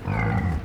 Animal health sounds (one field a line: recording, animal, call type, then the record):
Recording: contact call of a hoofed animal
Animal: wild boar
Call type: grunt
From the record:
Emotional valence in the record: negative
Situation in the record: naturally occurring agonistic interactions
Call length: 0.65 s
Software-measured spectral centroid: 1330 Hz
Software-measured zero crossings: 910 a second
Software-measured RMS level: -24 dBFS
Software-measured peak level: -13 dBFS